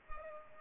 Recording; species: mosquito wingbeat signal from an infrared sensor; Culex pipiens